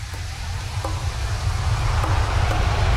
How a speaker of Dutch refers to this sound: We vliegen nu bij de luchthaven. Het is de derde keer of zo dat er een vliegtuig landt. Opstijgt.